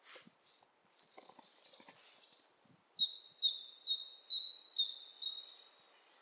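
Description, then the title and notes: Bird calls, a run of sharp high chirps building into steady twittering, with a few soft clicks and knocks early on. Two birds interacting with each other, lo-fi. "bird dialogs. lo-fi recording of two birds interacting"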